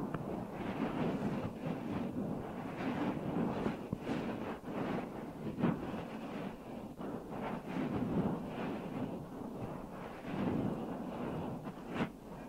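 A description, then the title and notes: A deep ear massage: continuous muffled rubbing with a heavy, rumbling low texture that swells and eases without stopping. Brief crackling taps and scratches cut through now and then, clustering around the middle and returning near the end. ASMR Deep Ear Massage for Sleep(No Talking).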